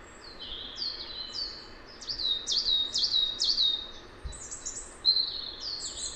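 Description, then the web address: Coal tit calling with sharp, high downward-sweeping notes in quick succession, loudest in the middle. Recorded in Valsolda. "cibra valsolda. Cincia mora"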